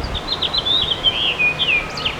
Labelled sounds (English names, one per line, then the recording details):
House Finch song
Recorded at Babylon on Long Island, New York, on 18 May 2013
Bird C